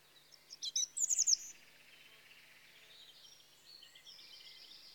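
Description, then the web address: European robin giving a short sharp phrase of high slurred notes, then quieter faint warbling over a soft background hiss. Spring. "BBC Sound Effects Library Birds Robin (Erithacus Rubecula) Spring"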